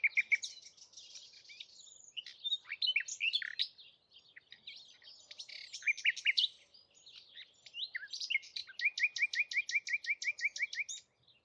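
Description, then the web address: Bird song, a long, rich warbling phrase of varied high notes ending in a steady fast trill of repeated notes. "cianscape birddata Deverinetal 2025 Bird Only"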